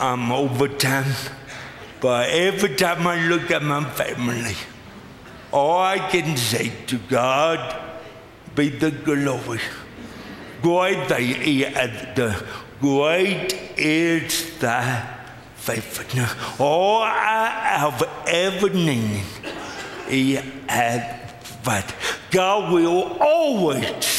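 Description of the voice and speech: A man preaches slowly and effortfully, stretching vowels and consonants, softening stops and blurring word edges, with long pauses and wide, emotional pitch swings. This is dysarthric speech in an adult man born with cerebral palsy, a motor speech disorder affecting control of articulation and voicing.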